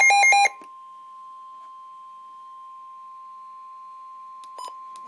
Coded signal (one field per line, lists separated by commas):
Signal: Emergency Alert System (SAME) tones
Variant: 1050 Hz attention tone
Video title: Flood Warning - EAS #278